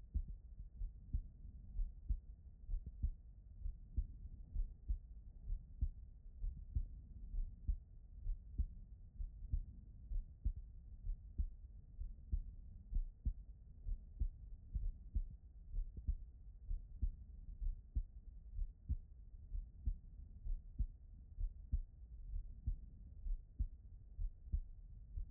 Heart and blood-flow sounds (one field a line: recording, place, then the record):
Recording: heart sounds by stethoscope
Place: aortic valve (AV)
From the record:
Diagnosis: non-HFrEF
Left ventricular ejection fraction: 57%